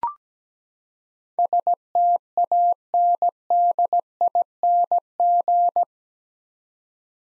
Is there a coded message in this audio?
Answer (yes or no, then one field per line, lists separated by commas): yes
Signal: Morse code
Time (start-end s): 1.4-5.8 s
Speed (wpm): 17 wpm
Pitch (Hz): 700 Hz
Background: none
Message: STANDING